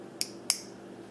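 A small keychain knife blade is opened, giving a faint sharp tick at 0.2 s and then a louder, brighter click at 0.5 s. At 0.5 s the blade locks open into its lock mechanism.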